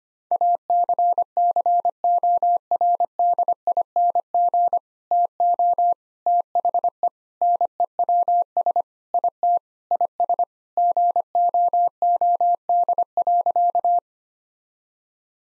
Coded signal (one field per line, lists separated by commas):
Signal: Morse code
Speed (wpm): 25 wpm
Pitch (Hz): 700 Hz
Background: none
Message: ACCORDING TO THE NEWS IT IS GOOD.